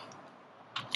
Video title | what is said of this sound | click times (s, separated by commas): Deserttech MDR X : le bullpup du futur? | On va ensuite faire un demi-tour pour verrouiller le canon. | 0.8 s, 0.9 s